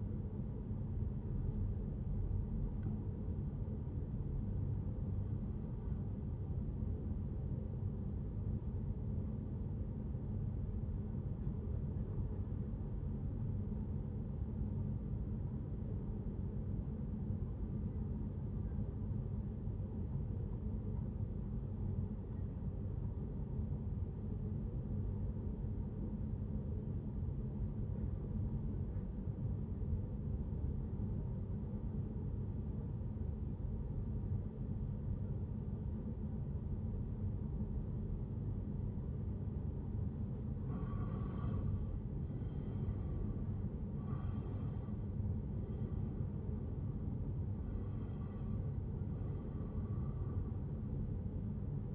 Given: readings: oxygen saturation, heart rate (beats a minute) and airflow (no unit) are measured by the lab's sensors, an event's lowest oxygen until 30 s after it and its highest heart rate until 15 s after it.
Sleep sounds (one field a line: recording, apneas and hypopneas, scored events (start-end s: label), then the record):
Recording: breathing in sleep by a smartphone at the bedside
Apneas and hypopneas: 1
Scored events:
16.00-42.00 s: obstructive apnea (N1, oxygen 97% highest, then 89% lowest, heart rate 72 at the start, 87 highest)
17.00-47.00 s: new sleep stage, N2 (light sleep)
47.00-51.94 s: new sleep stage, N1 (lightest sleep)
From the record:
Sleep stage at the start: N1 (lightest sleep)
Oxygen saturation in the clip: 88 to 97%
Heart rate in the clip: 70 to 87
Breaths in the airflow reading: 5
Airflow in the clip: -10.0 to 11.2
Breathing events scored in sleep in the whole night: 131 in 7.2 hours asleep